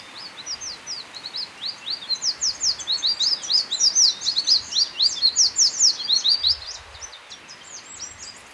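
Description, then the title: Black-crested warbler singing a rapid jumble of thin, high chirps that swells to a peak around four to six seconds and then fades, over faint background hiss. "Myiothlypis Nigrocristata"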